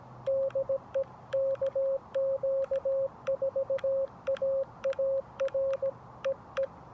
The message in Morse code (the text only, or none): DE KQ4AAR EE